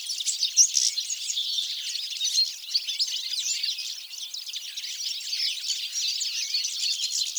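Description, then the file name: European goldfinch flock twittering, a dense unbroken chorus of high, liquid chirps and trills overlapping throughout, with no other sounds standing out. "Carduelis carduelis"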